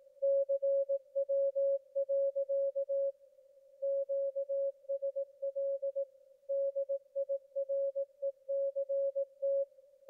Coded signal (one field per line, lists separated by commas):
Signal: Morse code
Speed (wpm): 18 wpm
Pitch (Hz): 550 Hz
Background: none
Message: CW. QSL DIRECT